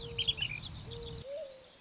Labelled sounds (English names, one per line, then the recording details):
Mourning Dove
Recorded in Sonoma County, California